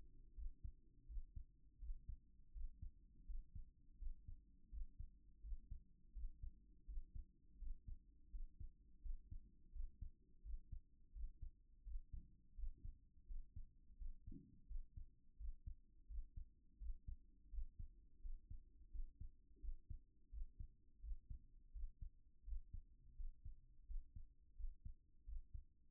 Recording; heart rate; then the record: heart sounds by stethoscope; 84 bpm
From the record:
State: at rest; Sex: male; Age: 37 years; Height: 170 cm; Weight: 86 kg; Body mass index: 29.76